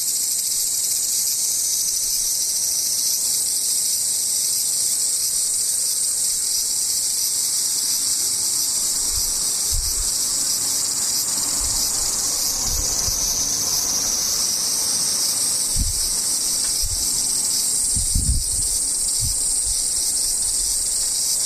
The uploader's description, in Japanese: セミ